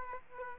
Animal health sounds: mosquito wingbeat signal from an infrared sensor; Aedes aegypti

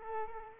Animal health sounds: mosquito wingbeat signal from an infrared sensor; Culex quinquefasciatus

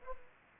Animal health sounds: mosquito wingbeat signal from an infrared sensor; Culex pipiens

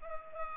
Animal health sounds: mosquito wingbeat signal from an infrared sensor; Culex pipiens

